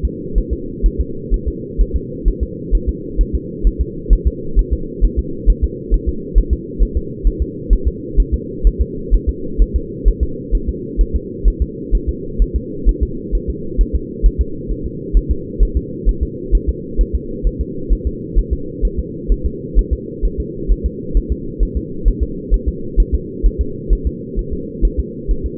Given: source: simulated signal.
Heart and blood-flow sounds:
fetal heart sounds
0.05 s: S2
0.38 s: S1
0.53 s: S2
0.86 s: S1
1.00 s: S2
1.34 s: S1
1.48 s: S2
1.81 s: S1
1.96 s: S2
2.28 s: S1
2.43 s: S2
2.75 s: S1
2.89 s: S2
3.21 s: S1
3.35 s: S2
3.67 s: S1
3.81 s: S2
4.13 s: S1
4.27 s: S2
4.59 s: S1
4.73 s: S2
5.05 s: S1
5.19 s: S2
5.50 s: S1
5.64 s: S2
5.94 s: S1
6.09 s: S2
6.38 s: S1
6.53 s: S2
6.83 s: S1
6.97 s: S2
7.27 s: S1
7.42 s: S2
7.73 s: S1
7.88 s: S2
8.20 s: S1
8.34 s: S2
8.67 s: S1
8.81 s: S2
9.14 s: S1
9.29 s: S2
9.62 s: S1
9.76 s: S2
10.08 s: S1
10.23 s: S2
10.55 s: S1
10.69 s: S2
11.01 s: S1
11.16 s: S2
11.48 s: S1
11.62 s: S2
11.95 s: S1
12.09 s: S2
12.42 s: S1
12.56 s: S2
12.89 s: S1
13.03 s: S2
13.35 s: S1
13.50 s: S2
13.81 s: S1
13.95 s: S2
14.26 s: S1
14.41 s: S2
14.72 s: S1
14.86 s: S2
15.17 s: S1
15.31 s: S2
15.63 s: S1
15.77 s: S2
16.09 s: S1
16.23 s: S2
16.55 s: S1
16.69 s: S2
17.01 s: S1
17.15 s: S2
17.47 s: S1
17.61 s: S2
17.93 s: S1
18.07 s: S2
18.39 s: S1
18.53 s: S2
18.85 s: S1
18.99 s: S2
19.32 s: S1
19.46 s: S2
19.79 s: S1
19.93 s: S2
20.25 s: S1
20.40 s: S2
20.72 s: S1
20.86 s: S2
21.17 s: S1
21.32 s: S2
21.63 s: S1
21.77 s: S2
22.08 s: S1
22.23 s: S2
22.54 s: S1
22.68 s: S2
23.00 s: S1
23.14 s: S2
23.46 s: S1
23.61 s: S2
23.93 s: S1
24.07 s: S2
24.39 s: S1
24.53 s: S2
24.85 s: S1
25.00 s: S2
25.31 s: S1
25.46 s: S2
From the record:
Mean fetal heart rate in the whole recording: 130 bpm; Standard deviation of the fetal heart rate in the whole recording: 2 bpm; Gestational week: 36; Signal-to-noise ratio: -4.3 dB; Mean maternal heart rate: 72 bpm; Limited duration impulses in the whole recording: absent

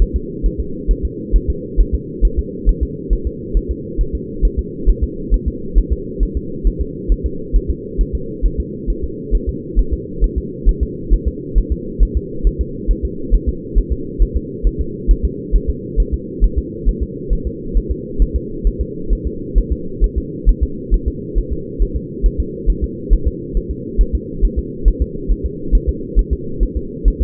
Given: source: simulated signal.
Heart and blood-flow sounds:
fetal heart sounds
0.02 s: S1
0.16 s: S2
0.46 s: S1
0.60 s: S2
0.91 s: S1
1.05 s: S2
1.36 s: S1
1.50 s: S2
1.80 s: S1
1.95 s: S2
2.25 s: S1
2.39 s: S2
2.69 s: S1
2.83 s: S2
3.13 s: S1
3.27 s: S2
3.57 s: S1
3.71 s: S2
4.01 s: S1
4.15 s: S2
4.45 s: S1
4.59 s: S2
4.89 s: S1
5.04 s: S2
5.34 s: S1
5.48 s: S2
5.78 s: S1
5.93 s: S2
6.23 s: S1
6.37 s: S2
6.67 s: S1
6.81 s: S2
7.12 s: S1
7.26 s: S2
7.56 s: S1
7.70 s: S2
8.01 s: S1
8.15 s: S2
8.46 s: S1
8.60 s: S2
8.90 s: S1
9.04 s: S2
9.35 s: S1
9.49 s: S2
9.79 s: S1
9.93 s: S2
10.24 s: S1
10.38 s: S2
10.69 s: S1
10.83 s: S2
11.14 s: S1
11.28 s: S2
11.58 s: S1
11.72 s: S2
12.03 s: S1
12.17 s: S2
12.47 s: S1
12.61 s: S2
12.91 s: S1
13.05 s: S2
13.34 s: S1
13.49 s: S2
13.78 s: S1
13.93 s: S2
14.22 s: S1
14.37 s: S2
14.67 s: S1
14.81 s: S2
15.11 s: S1
15.25 s: S2
15.56 s: S1
15.70 s: S2
16.00 s: S1
16.14 s: S2
16.44 s: S1
16.58 s: S2
16.88 s: S1
17.03 s: S2
17.33 s: S1
17.47 s: S2
17.77 s: S1
17.91 s: S2
18.22 s: S1
18.36 s: S2
18.67 s: S1
18.81 s: S2
19.13 s: S1
19.27 s: S2
19.58 s: S1
19.72 s: S2
20.04 s: S1
20.18 s: S2
20.49 s: S1
20.63 s: S2
20.94 s: S1
21.08 s: S2
21.38 s: S1
21.53 s: S2
21.82 s: S1
21.97 s: S2
22.26 s: S1
22.40 s: S2
22.70 s: S1
22.84 s: S2
23.13 s: S1
23.28 s: S2
23.57 s: S1
23.71 s: S2
24.01 s: S1
24.15 s: S2
24.44 s: S1
24.59 s: S2
24.88 s: S1
25.02 s: S2
25.31 s: S1
25.46 s: S2
25.75 s: S1
25.89 s: S2
26.19 s: S1
26.33 s: S2
26.63 s: S1
26.77 s: S2
27.08 s: S1
27.22 s: S2
From the record:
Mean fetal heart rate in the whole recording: 135 bpm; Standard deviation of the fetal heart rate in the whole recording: 3 bpm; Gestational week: 36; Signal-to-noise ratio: -4.3 dB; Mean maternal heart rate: 72 bpm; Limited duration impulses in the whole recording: absent

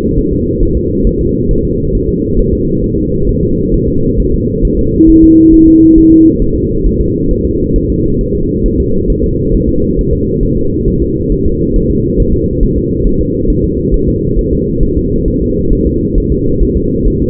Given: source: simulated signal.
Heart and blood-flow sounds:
fetal heart sounds
0.18 s: S1
0.33 s: S2
0.63 s: S1
0.77 s: S2
1.07 s: S1
1.21 s: S2
1.51 s: S1
1.65 s: S2
1.95 s: S1
2.09 s: S2
2.39 s: S1
2.53 s: S2
2.84 s: S1
2.98 s: S2
3.29 s: S1
3.43 s: S2
3.74 s: S1
3.88 s: S2
4.20 s: S1
4.34 s: S2
4.65 s: S1
4.79 s: S2
5.10 s: S1
5.24 s: S2
5.54 s: S1
5.68 s: S2
5.98 s: S1
6.12 s: S2
6.42 s: S1
6.56 s: S2
6.86 s: S1
7.00 s: S2
7.31 s: S1
7.45 s: S2
7.76 s: S1
7.90 s: S2
8.21 s: S1
8.35 s: S2
8.66 s: S1
8.80 s: S2
9.10 s: S1
9.24 s: S2
9.54 s: S1
9.69 s: S2
9.99 s: S1
10.13 s: S2
10.43 s: S1
10.57 s: S2
10.88 s: S1
11.02 s: S2
11.32 s: S1
11.46 s: S2
11.76 s: S1
11.90 s: S2
12.20 s: S1
12.34 s: S2
12.63 s: S1
12.77 s: S2
13.07 s: S1
13.21 s: S2
13.50 s: S1
13.64 s: S2
13.94 s: S1
14.08 s: S2
14.39 s: S1
14.53 s: S2
14.83 s: S1
14.97 s: S2
15.28 s: S1
15.42 s: S2
15.73 s: S1
15.87 s: S2
16.18 s: S1
16.32 s: S2
16.62 s: S1
16.77 s: S2
17.07 s: S1
17.22 s: S2
From the record:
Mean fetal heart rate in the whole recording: 135 bpm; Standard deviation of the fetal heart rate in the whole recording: 3 bpm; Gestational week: 36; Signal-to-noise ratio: -15.3 dB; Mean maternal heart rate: 72 bpm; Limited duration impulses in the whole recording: present

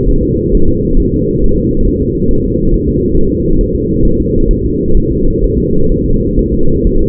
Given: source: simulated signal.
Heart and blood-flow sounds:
fetal heart sounds
0.09 s: S1
0.23 s: S2
0.55 s: S1
0.69 s: S2
1.00 s: S1
1.14 s: S2
1.44 s: S1
1.58 s: S2
1.88 s: S1
2.02 s: S2
2.31 s: S1
2.45 s: S2
2.74 s: S1
2.88 s: S2
3.17 s: S1
3.32 s: S2
3.61 s: S1
3.75 s: S2
4.05 s: S1
4.20 s: S2
4.51 s: S1
4.65 s: S2
4.97 s: S1
5.12 s: S2
5.44 s: S1
5.59 s: S2
5.92 s: S1
6.06 s: S2
6.39 s: S1
6.54 s: S2
6.87 s: S1
7.01 s: S2
From the record:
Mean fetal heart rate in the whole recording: 130 bpm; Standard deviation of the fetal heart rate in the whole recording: 4 bpm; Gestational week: 38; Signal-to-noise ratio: -17.7 dB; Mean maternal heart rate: 72 bpm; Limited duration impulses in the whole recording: present

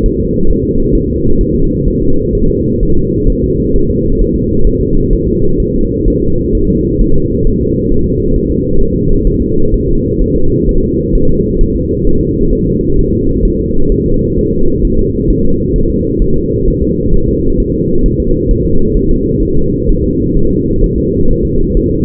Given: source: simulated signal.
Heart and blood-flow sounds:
fetal heart sounds
0.06 s: S1
0.20 s: S2
0.50 s: S1
0.65 s: S2
0.95 s: S1
1.09 s: S2
1.41 s: S1
1.55 s: S2
1.88 s: S1
2.02 s: S2
2.35 s: S1
2.49 s: S2
2.83 s: S1
2.97 s: S2
3.30 s: S1
3.44 s: S2
3.76 s: S1
3.90 s: S2
4.22 s: S1
4.36 s: S2
4.67 s: S1
4.81 s: S2
5.13 s: S1
5.27 s: S2
5.60 s: S1
5.74 s: S2
6.08 s: S1
6.22 s: S2
6.55 s: S1
6.69 s: S2
7.01 s: S1
7.16 s: S2
7.47 s: S1
7.61 s: S2
7.92 s: S1
8.06 s: S2
8.36 s: S1
8.51 s: S2
8.81 s: S1
8.96 s: S2
9.27 s: S1
9.42 s: S2
9.74 s: S1
9.88 s: S2
10.22 s: S1
10.36 s: S2
10.69 s: S1
10.83 s: S2
11.15 s: S1
11.30 s: S2
11.61 s: S1
11.76 s: S2
12.07 s: S1
12.21 s: S2
12.53 s: S1
12.67 s: S2
12.99 s: S1
13.13 s: S2
13.45 s: S1
13.60 s: S2
13.92 s: S1
14.06 s: S2
14.38 s: S1
14.53 s: S2
14.85 s: S1
14.99 s: S2
15.30 s: S1
15.45 s: S2
15.76 s: S1
15.90 s: S2
16.22 s: S1
16.36 s: S2
16.68 s: S1
16.82 s: S2
17.14 s: S1
17.28 s: S2
17.60 s: S1
17.74 s: S2
18.06 s: S1
18.20 s: S2
18.51 s: S1
18.65 s: S2
18.97 s: S1
19.11 s: S2
19.43 s: S1
19.57 s: S2
19.89 s: S1
20.04 s: S2
20.36 s: S1
20.51 s: S2
20.84 s: S1
20.98 s: S2
21.30 s: S1
21.45 s: S2
21.77 s: S1
21.91 s: S2
From the record:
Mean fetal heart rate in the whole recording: 130 bpm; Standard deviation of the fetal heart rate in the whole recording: 4 bpm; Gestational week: 38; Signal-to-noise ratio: -17.7 dB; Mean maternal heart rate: 72 bpm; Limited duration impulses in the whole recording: present

